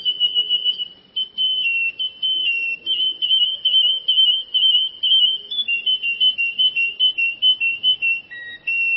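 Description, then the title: A bird sings a long, rapid, high-pitched warble of chirping notes that barely pause, changing pitch slightly throughout. "burung online"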